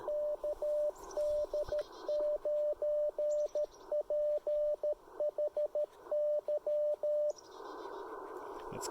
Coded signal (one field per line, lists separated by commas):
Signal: Morse code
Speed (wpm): 17 wpm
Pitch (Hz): 600 Hz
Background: radio noise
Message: KD9PHY